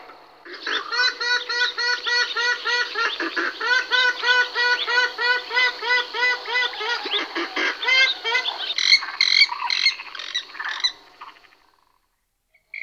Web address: All the bird songs of Britain and Europe - Jean-Claude Roche. Porphyrio porphyrio